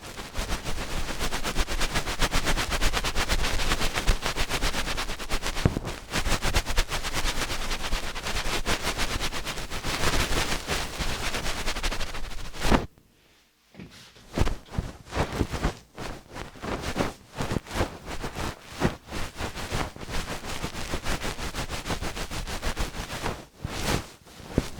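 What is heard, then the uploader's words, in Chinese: Dense crackling and scratching of ear cleaning and massage fills the first half, then turns sparser, with separate rubbing strokes and brief pauses. 梵天掏耳和按摩。3D按摩与掏耳一起来。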